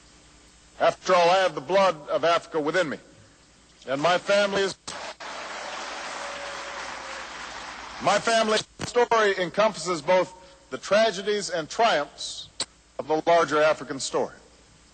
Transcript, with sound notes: After all, I have the blood of Africa within me, and my family's -- (applause) -- my family's own story encompasses both the tragedies and triumphs of the larger African story.